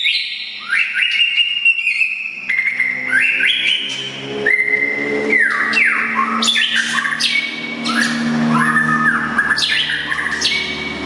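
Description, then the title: Oriental magpie-robin pouring out varied song: downward-sliding whistles, steady held tones and rapid chattering notes, with a faint low hum underneath. "kacer"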